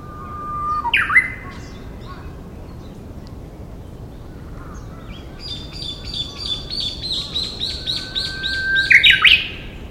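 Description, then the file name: Japanese bush warbler song: a held low whistle rising sharply into a bright note, then a fast run of repeated high notes ending in a rising flourish; faint background noise. Recorded 9 April 2012. "Japanese Bush Warbler 20120409"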